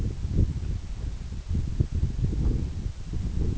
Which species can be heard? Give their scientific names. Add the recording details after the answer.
none. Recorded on Arctic tundra, site EABA-1, on 26 June 2018. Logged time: 08:00